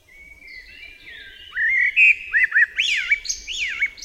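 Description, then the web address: Eurasian blackbird song phrase opening softly, then loud rich fluting warbles ending in quick high squeaky flourishes. "Tajemnice puszczy Kos"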